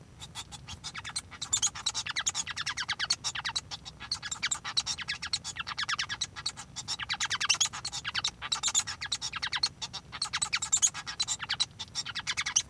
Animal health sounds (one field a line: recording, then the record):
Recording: song of a male Bengalese finch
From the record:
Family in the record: son of father 1